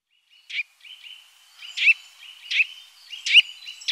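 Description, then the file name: Eurasian nuthatch calling: a series of short, sharp piping notes joined by thin, level whistles, repeated unevenly over a few seconds. "Sittelle torchepot"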